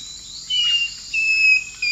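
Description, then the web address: Long-tailed woodcreeper song: clear, sustained whistled notes at a steady high pitch, separated by short pauses, over a constant high hum. Eastern lowlands of South America. "ENTER Music and Audio. Nature Songs S America Eastern Lowlands. Deconychura longicauda, song"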